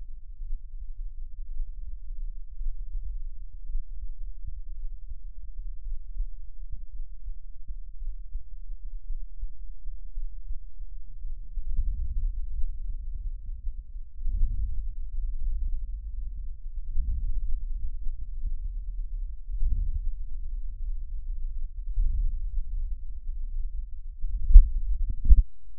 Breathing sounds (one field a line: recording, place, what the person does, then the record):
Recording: lung sounds by stethoscope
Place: right anterior apical chest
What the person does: quiet breathing, then deep breathing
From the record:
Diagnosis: interstitial lung disease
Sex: male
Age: 82 years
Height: 158 cm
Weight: 49 kg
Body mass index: 19.6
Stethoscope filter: bell mode